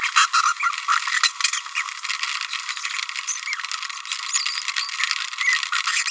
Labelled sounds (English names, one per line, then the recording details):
Green-rumped Parrotlet babbling
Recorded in a nest box in Venezuela
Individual 18B25A5